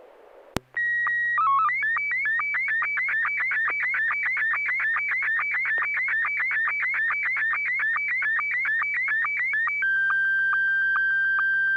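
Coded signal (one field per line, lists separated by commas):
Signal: SSTV (slow-scan television)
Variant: Scottie 1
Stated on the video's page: SSTV net on a 441.300 MHz FM repeater in Sacramento, images sent with MMSSTV.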